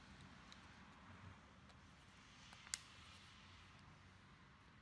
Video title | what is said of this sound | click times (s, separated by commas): How To Replace Heated Mirror Glass -- Like A PRO | you should hear click and also maybe give it a tug just to make sure that it's fitting properly now | 2.7 s